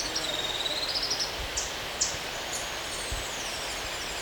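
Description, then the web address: Foothill elaenia calling: a quick series of thin, high notes rising slightly in pitch, followed by a few scattered sharp notes over steady background hiss. Recorded in Ecuador. "Birds of Ecuador 3-08 Foothill Elaenia"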